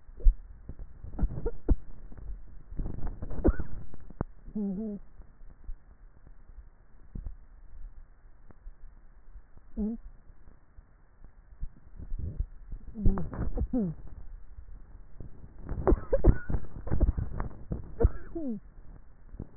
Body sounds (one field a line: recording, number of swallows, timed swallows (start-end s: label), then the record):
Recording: swallowing sounds by neck microphone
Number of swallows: 5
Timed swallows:
0.30-0.84 s: swallow
2.27-2.94 s: swallow
7.17-7.87 s: swallow
12.27-12.87 s: swallow
14.40-15.40 s: swallow
From the record:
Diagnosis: dysphagia